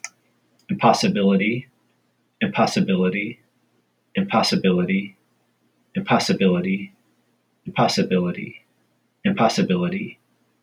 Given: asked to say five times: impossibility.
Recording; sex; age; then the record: repeated word; male; 40 to 49 years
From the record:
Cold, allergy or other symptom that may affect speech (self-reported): no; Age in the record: 47 years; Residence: Michigan, United States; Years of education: 16